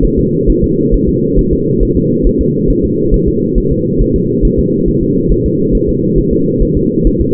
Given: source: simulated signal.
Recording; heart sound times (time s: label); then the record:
fetal heart sounds
0.05 s: S1
0.19 s: S2
0.50 s: S1
0.64 s: S2
0.94 s: S1
1.09 s: S2
1.39 s: S1
1.53 s: S2
1.83 s: S1
1.97 s: S2
2.27 s: S1
2.41 s: S2
2.70 s: S1
2.85 s: S2
3.14 s: S1
3.28 s: S2
3.58 s: S1
3.72 s: S2
4.02 s: S1
4.16 s: S2
4.45 s: S1
4.59 s: S2
4.88 s: S1
5.03 s: S2
5.32 s: S1
5.46 s: S2
5.75 s: S1
5.89 s: S2
6.19 s: S1
6.33 s: S2
6.62 s: S1
6.77 s: S2
7.07 s: S1
7.21 s: S2
From the record:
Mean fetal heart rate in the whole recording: 135 bpm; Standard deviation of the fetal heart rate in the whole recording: 3 bpm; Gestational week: 36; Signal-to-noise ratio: -11.2 dB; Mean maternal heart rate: 72 bpm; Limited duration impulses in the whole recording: present